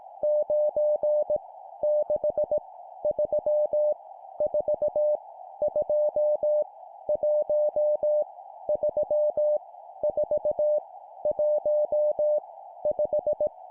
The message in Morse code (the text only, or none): 9 6 3 4 2 1 3 4 1 5